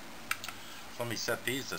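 A 2.5-inch SATA SSD is ejected from the removable front-panel drive bay of a Scythe Kama Rack 5 (SCKMRK-5) 5.25-inch bay multi-reader in a PC case, with a sharp click at 0.3 s followed by two softer ticks at about 0.4 and 0.5 s. The drive is released and pops out, and then someone talks.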